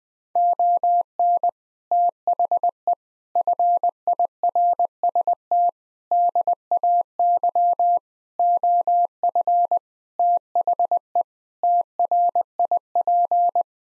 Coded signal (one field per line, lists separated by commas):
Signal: Morse code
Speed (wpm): 20 wpm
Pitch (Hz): 700 Hz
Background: none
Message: ON THE FIRST DAY OF THE TRIP